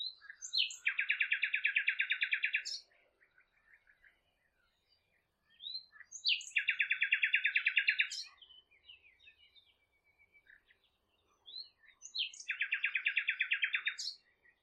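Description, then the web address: Bird song: three loud, fast trills, each roughly two seconds long and spaced several seconds apart, separated by soft chirps and twitters. "cianscape birddata Deverinetal 2025 File origin Bird Only Lu Me"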